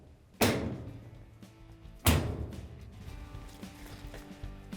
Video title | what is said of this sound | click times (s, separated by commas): Frigidaire Washer Drain Hose 134592700 Replacement — fits Electrolux | Then we can lower the top down and snap it into place. | 0.4 s, 2.1 s